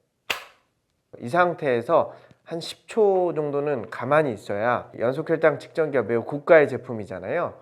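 A spring-loaded FreeStyle Libre 2 glucose sensor applicator, pressed onto the right upper arm after alcohol swabbing, fires the sensor into the skin with a single sharp, loud snap at 0.3 s. The applicator has released and the sensor is in place. After a short silence, someone talks.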